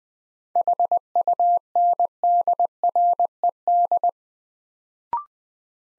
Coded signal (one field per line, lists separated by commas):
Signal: Morse code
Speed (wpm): 20 wpm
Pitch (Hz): 700 Hz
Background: none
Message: HUNDRED